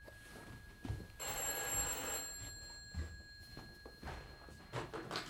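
A telephone bell rings in a bright, metallic burst lasting about a second, with a high steady tone lingering afterward over faint low thumps and shuffling.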